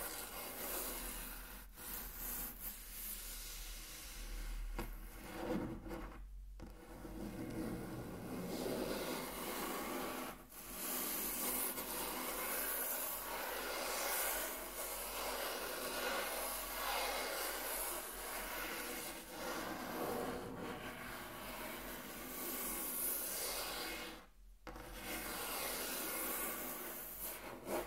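Fingers or an object trace hard and fast across a wooden table, making a dense, continuous rubbing rasp that fills the whole range from low to bright. The scratching barely lets up, pausing briefly near 6 and 24 seconds, over a steady low hum.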